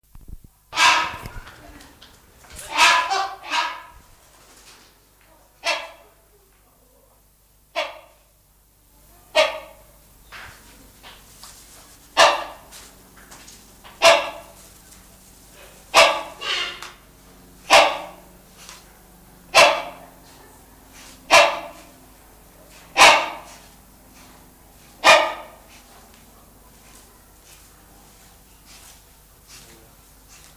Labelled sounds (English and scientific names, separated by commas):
Rhinoceros Hornbill (Buceros rhinoceros) call